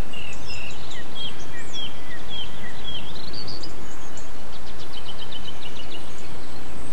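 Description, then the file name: Bird song of varied short whistled phrases and chirps, some sliding up and down, followed by rapid ticking notes, over steady low background noise. Recorded 8 April 2007 on an MZ-N710 recorder. "MZ-N 710 Chants d oiseaux 8 04 07 extrait"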